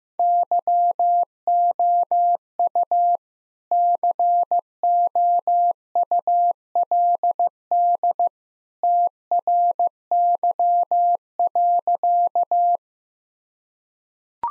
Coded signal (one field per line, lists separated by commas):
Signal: Morse code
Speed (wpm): 16 wpm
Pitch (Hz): 700 Hz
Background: none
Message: YOU COULD TRY.